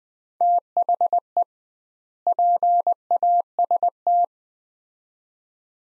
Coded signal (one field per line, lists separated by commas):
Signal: Morse code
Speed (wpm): 20 wpm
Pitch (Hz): 700 Hz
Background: none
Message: THE PAST